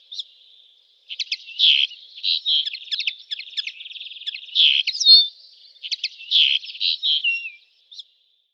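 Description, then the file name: Common linnet giving a lively twittering song: quick chirps and a dry rattling trill strung together in a near-continuous phrase. "Bluthaenfling Carduelis cannabina"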